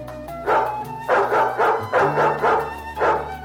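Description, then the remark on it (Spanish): Several dogs bark in a rapid series of about six loud, full-throated woofs, spaced roughly half a second apart over a low steady background hum. “¡Atad los perros!”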